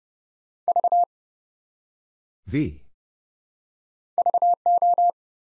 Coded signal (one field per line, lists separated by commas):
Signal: Morse code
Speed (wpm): 30 wpm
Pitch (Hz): 700 Hz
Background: none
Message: V VO